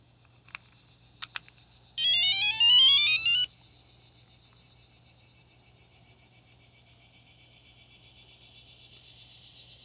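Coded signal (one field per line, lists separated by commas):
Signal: pager alert tone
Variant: Motorola pager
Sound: button clicks, then a quick chirpy melody of about 14 rapid high beeps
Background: button clicks, faint hum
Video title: 90s Motorola Flex Pager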